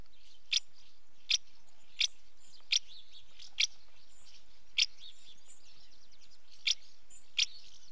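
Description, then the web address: House martin giving crisp, high chirps about once every second with one longer pause, eight in all, over a faint buzzy twitter. Female calling at the nest entrance; British bird. "BBC Sound Effects Library. House Martin female calling at nest entrance"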